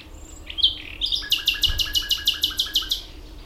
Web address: ambient nightingale